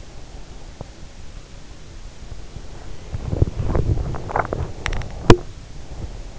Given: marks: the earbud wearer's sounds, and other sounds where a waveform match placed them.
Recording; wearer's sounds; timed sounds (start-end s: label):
sounds in sleep by an in-ear microphone; body movement, teeth grinding
1.75-6.39 s: body movement
4.24-5.59 s: teeth grinding